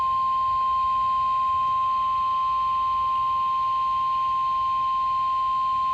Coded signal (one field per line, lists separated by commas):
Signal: Emergency Alert System (SAME) tones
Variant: 1050 Hz attention tone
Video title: Severe Thunderstorm Warning On NOAA Radio EAS #612 7-4-2026